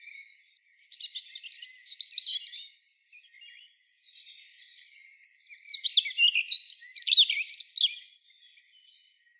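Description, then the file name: European robin giving two rich, high warbling phrases a few seconds apart, each a quick cascade of piping and trilled notes, with faint soft notes in between. "Erithacus rubecula"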